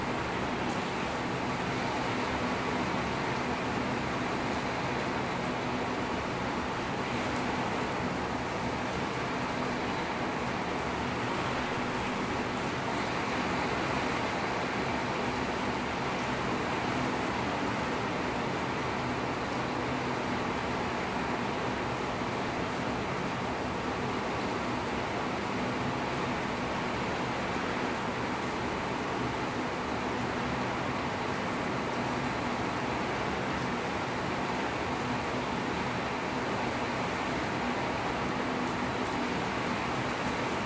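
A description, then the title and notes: A thundershower's rain pours in a dense, steady hiss that stays level throughout, with a low rumble underneath and no distinct thunderclaps. 雨彈開炸 Afternoon thundershower.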